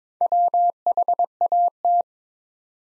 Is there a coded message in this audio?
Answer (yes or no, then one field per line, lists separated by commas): yes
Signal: Morse code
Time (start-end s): 0.2-2.0 s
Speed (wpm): 22 wpm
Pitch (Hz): 700 Hz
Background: none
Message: WHAT